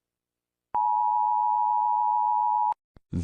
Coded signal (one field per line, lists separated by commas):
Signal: Emergency Alert System (SAME) tones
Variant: 853 and 960 Hz attention tone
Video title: eas scenario catemojibabyheat part 1